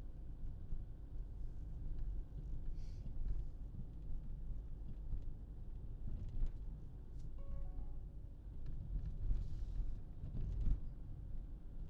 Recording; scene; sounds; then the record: everyday scene through a hearing-aid microphone; in a vehicle; engine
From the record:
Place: Berlingo II, diesel engine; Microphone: in the ear canal, left